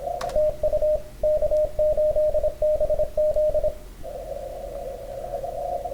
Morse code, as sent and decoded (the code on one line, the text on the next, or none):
- ..- / -.- ---.. -... --..
TU K8BZ